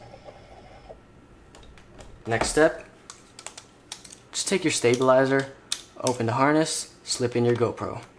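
A GoPro action camera is being slipped into the opened harness of the GoPro Karma drone's handheld stabilizer, with faint short ticks and taps of handling and someone talking. The camera has not seated or clicked into the harness yet.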